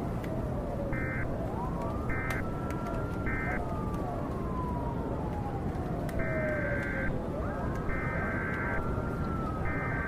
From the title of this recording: Rainy day zombie outbreak with TV on in the next room